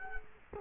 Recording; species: mosquito wingbeat signal from an infrared sensor; Culex quinquefasciatus